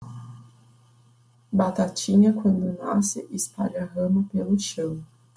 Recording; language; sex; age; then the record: short text; Brazilian Portuguese; female; 20 to 29 years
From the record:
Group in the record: control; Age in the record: 23 years